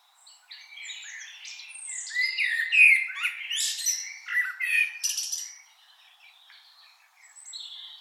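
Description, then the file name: Common blackbird calls: a busy run of high chirps and short whistled notes, with a louder burst in the middle, then quieter twitters near the end. "Turdus merula"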